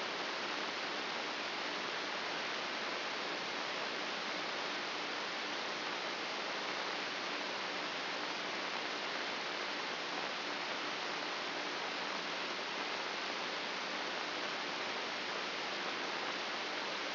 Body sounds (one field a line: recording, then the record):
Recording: brain microelectrode recording played as sound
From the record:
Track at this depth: outside the subthalamic nucleus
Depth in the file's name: 7.428 mm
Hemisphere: left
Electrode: 2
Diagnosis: Parkinson's disease